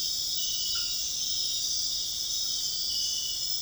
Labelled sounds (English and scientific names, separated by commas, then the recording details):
none
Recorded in dense forest near Puerto Asís, Putumayo, Colombia, on 18 February 2024 at 00:30
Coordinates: 0.502, -76.324
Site G6370